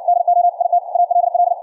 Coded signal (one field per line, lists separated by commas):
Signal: Morse code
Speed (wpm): 64 wpm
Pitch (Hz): 700 Hz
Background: none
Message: DO IT ALL